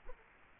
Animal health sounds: mosquito wingbeat signal from an infrared sensor; Culex quinquefasciatus

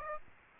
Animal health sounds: mosquito wingbeat signal from an infrared sensor; Aedes aegypti

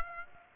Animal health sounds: mosquito wingbeat signal from an infrared sensor; Aedes aegypti

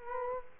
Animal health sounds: mosquito wingbeat signal from an infrared sensor; Culex quinquefasciatus

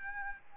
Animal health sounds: mosquito wingbeat signal from an infrared sensor; Aedes albopictus

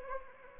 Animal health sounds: mosquito wingbeat signal from an infrared sensor; Anopheles gambiae

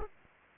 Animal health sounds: mosquito wingbeat signal from an infrared sensor; Anopheles arabiensis

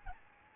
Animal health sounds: mosquito wingbeat signal from an infrared sensor; Aedes albopictus

